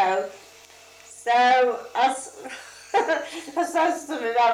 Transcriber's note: laughs